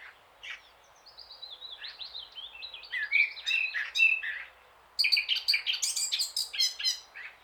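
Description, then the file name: Eurasian blackcap song: varied warbling with slurred whistles and scratchy twitters, a short pause, then a second energetic burst of chattering and whistled notes. "Sylvia atricapilla"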